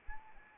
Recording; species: mosquito wingbeat signal from an infrared sensor; Anopheles arabiensis